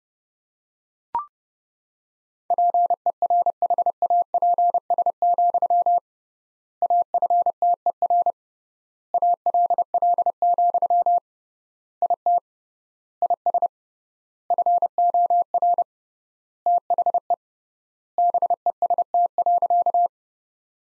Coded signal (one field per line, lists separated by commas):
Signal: Morse code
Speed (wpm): 30 wpm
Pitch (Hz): 700 Hz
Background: none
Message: PERHAPS, AFTER ALL, IT IS FOR THE BEST.